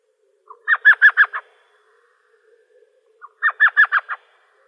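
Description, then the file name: Elf Owl, two quick series of barking, puppy-like yelps, five notes per burst, roughly three seconds apart, each with a faint lead-in note. Arizona. "ELOW 2 deviche"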